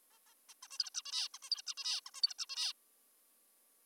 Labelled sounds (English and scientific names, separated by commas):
Zebra Finch (Taeniopygia guttata)